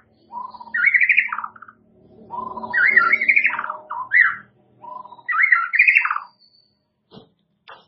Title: murai batu